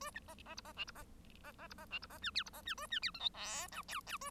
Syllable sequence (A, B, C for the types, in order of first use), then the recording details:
A B C C D C E D C C C D C E D C F G D C F A F G H I J K L L A. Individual Bird1